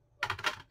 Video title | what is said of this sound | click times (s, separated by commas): The Annihilator Kit for the Adventure Force Villainator | and you just put it right in and it actually snaps into place and truth | 0.2 s